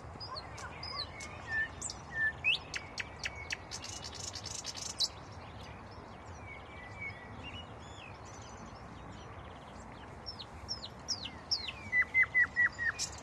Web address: rossignol ordinaire chant du rossignol